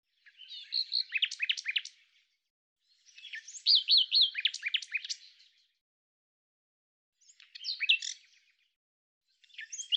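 Common nightingale singing dense, jumbled phrases of rapid chirps and trills, separated by short silent gaps, four bursts in all.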